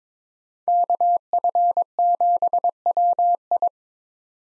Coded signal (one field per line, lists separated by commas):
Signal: Morse code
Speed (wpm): 22 wpm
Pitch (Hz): 700 Hz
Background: none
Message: KF7WI